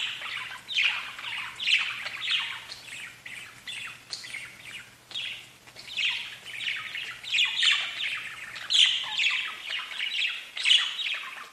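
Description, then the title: Budgerigar chatter, busy and scratchy, with rapid squawky notes and occasional piercing chirps; a faint low hum sits underneath for most. "Budgie Sounds"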